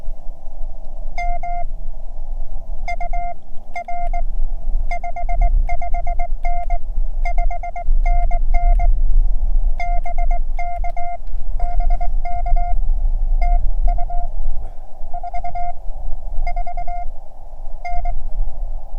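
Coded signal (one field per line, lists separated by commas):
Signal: Morse code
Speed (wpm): 20 wpm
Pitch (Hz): 700 Hz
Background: none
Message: M UR 55N 5NN BK BK TU 44N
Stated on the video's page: CW during a park activation at Cheyenne Mountain State Park by an operator learning Morse.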